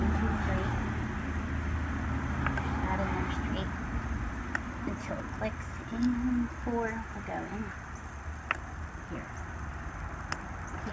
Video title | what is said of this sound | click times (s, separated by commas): How to change an ignition coil box on a 2008 PT Cruiser | that on straight clicks everything is in | 8.5 s, 10.3 s